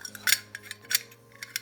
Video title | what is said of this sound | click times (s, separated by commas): Poser du PLACO ✔ Nos petites astuces PLACO 😉 - Rénovation en famille // Défi: 3 mois // # Épisode 9 | Du coup, ça vient se clipser en fait, on vient clipser le rail, | 0.3 s, 0.9 s